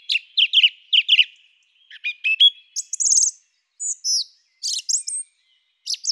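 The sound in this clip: Song thrush song: varied clear phrases, several repeated two or three times, mixing whistled notes and sharp high trills with short pauses between.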